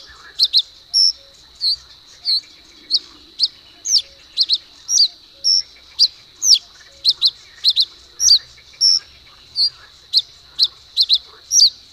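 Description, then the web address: Common reed bunting song: a run of crisp high chips and short slurred notes, often paired, delivered quickly and somewhat irregularly throughout. "agykontroll Madardalok Cd 3. Nádi sármány"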